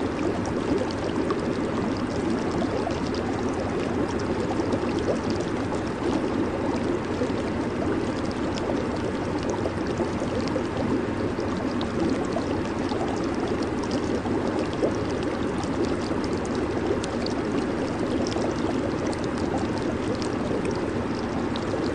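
Jacuzzi bubbles churn without pause, a dense, steady rush of water centred in the low and middle range. Countless small pops and gurgles blend into one even roar with no breaks or changes in level across the whole stretch.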